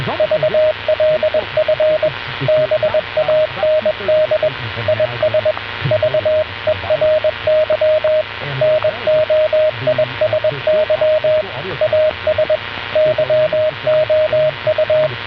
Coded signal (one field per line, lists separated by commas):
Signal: Morse code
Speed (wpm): 21 wpm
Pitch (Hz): 620 Hz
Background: radio noise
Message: VLF BAND IS VERY NOISY AS YOU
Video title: VLF BAND - 10 Khz - AM Modulation DEMO for both VOICE & CW using the QUISK SDR APP Receiver